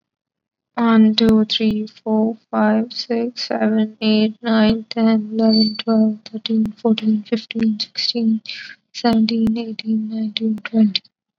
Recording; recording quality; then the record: counting at a fast pace; moderate, slight background noise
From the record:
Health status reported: COVID-19 positive, no symptoms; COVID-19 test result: positive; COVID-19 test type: RT-PCR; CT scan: not taken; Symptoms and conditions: cold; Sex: female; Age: 20 years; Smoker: no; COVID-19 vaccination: both doses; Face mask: not worn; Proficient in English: yes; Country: India